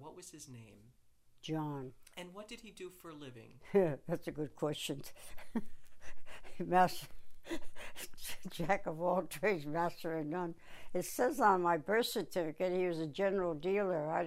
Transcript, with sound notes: What was his name?
John.
And what did he do for a living?
Ha, that's a good question. [Chuckles] Jack of all trades. Master of none. It says on my birth certificate he was a general dealer.